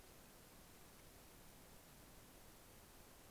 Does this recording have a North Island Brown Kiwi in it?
no